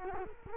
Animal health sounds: mosquito wingbeat signal from an infrared sensor; Culex quinquefasciatus

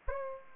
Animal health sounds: mosquito wingbeat signal from an infrared sensor; Aedes aegypti

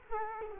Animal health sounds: mosquito wingbeat signal from an infrared sensor; Culex quinquefasciatus

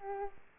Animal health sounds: mosquito wingbeat signal from an infrared sensor; Aedes aegypti

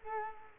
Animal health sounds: mosquito wingbeat signal from an infrared sensor; Culex quinquefasciatus

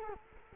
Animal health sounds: mosquito wingbeat signal from an infrared sensor; Culex quinquefasciatus

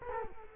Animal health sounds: mosquito wingbeat signal from an infrared sensor; Culex quinquefasciatus

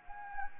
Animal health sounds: mosquito wingbeat signal from an infrared sensor; Anopheles gambiae

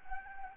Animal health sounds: mosquito wingbeat signal from an infrared sensor; Anopheles gambiae

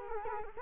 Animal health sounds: mosquito wingbeat signal from an infrared sensor; Culex quinquefasciatus

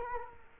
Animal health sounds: mosquito wingbeat signal from an infrared sensor; Culex quinquefasciatus

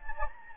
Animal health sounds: mosquito wingbeat signal from an infrared sensor; Anopheles gambiae

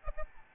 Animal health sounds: mosquito wingbeat signal from an infrared sensor; Aedes albopictus

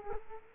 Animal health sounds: mosquito wingbeat signal from an infrared sensor; Culex quinquefasciatus

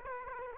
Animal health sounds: mosquito wingbeat signal from an infrared sensor; Aedes aegypti

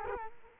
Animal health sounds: mosquito wingbeat signal from an infrared sensor; Culex quinquefasciatus

